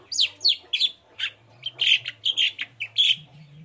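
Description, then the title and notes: Long-tailed shrike song: a varied, scratchy chatter of squeaky and buzzy notes tumbling together, with a faint low hum underneath. Morning singing with full variation of 'toet toet' notes, used as a lure to provoke other long-tailed shrikes to answer and join in. "Cendet Gacor Dor Di Kala Pagi Toet Toet Variasi Suara. Pancingan Emosi Cendet Gacor Full Variasi Toet Toet Bikin Nyaut Cendet Lain Langsung Ikutan Bunyi. Burung cendet"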